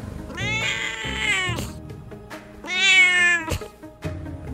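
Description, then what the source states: Singapura cat giving two drawn-out, harmonic-rich meows about two seconds apart, with low background hum between them. Singapura, also called longkang cat after the Malay word for drain; at a residential block in Jurong, Singapore.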